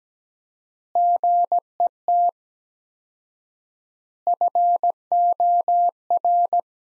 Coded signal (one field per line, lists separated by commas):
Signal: Morse code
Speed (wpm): 17 wpm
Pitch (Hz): 700 Hz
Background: none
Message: GET FOR